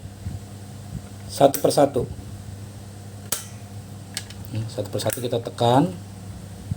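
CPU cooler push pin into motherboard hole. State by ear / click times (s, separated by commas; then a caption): not seated / none. A CPU cooler's plastic push pin is handled over its hole in the motherboard while someone talks, with a steady background hum and a few sharp ticks around 3.3 s and 4.2 s. Nothing has seated or clicked yet.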